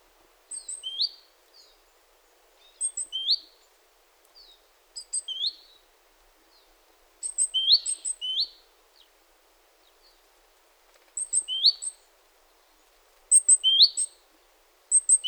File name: Parus major